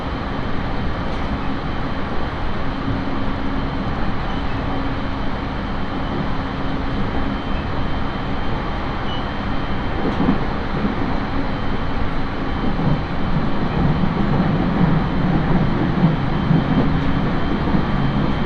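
Inside a JR 701-series four-car train on the Tohoku Main Line between Sendai and Kogota, a steady low rumble of wheels and motor fills the whole clip. The loudness stays even, with a faint whine above and the low drone thickening after ten seconds.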